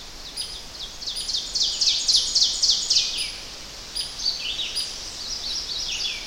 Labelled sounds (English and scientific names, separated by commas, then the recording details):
Ovenbird (Seiurus aurocapilla) song
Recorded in boreal forest in Alberta, Canada, on 10 June 2016 at 06:54
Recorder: SongMeter 3, array SBT-3-39
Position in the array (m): 195 m, 89 m
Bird 17